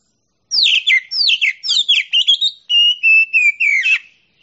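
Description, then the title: Oriental magpie-robin giving a rich song: rapid descending whistled notes in quick succession, followed by longer, steady whistles with slight wavering. Champion singing bird. "Kicau Burung Kacer Juara"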